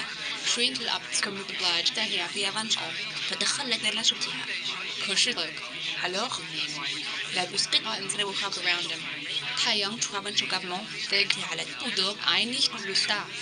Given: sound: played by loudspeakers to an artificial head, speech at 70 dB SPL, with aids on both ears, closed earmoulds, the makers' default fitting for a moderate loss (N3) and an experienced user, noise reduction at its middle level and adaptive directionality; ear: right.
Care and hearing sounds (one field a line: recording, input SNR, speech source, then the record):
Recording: speech test signal (ISTS) in cocktail-party noise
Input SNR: +3 dB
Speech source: on the right (90 degrees)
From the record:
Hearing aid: class 2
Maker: A